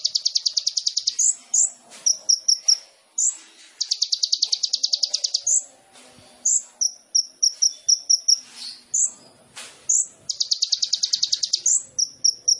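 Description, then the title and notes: Sunbird song: fast high trills alternating with sharp chips and short clipped notes, in quick repeated sequences. Indonesian masteran training song for songbirds; vigorous (gacor) song full of fill-in phrases (isian) and bursts (tembakan), suited for luring (pancingan). "MASTERAN KOLIBRI NINJA TERBAIK FULL ISIAN DAN TEMBAKAN MEWAH COCOK BUAT PANCINGAN. Suara Burung Kolibri Ninja Gacor"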